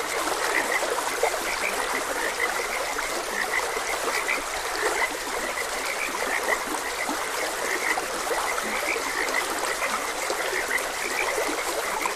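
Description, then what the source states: Frog chorus of quick repeated croaks overlapping throughout, set against continuous running water. Frogs croaking beside a gentle stream.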